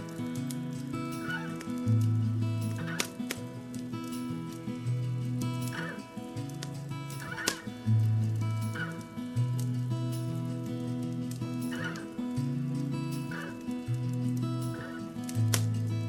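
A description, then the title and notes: Gentle music with a steady low bass line and sustained tones plays over a crackling fire. Sharp pops and snaps break through every second or two, some louder than others, while the music keeps an even level throughout. The crackling of a fire and gentle music. Gentle MUSIC and Crackling FIRE.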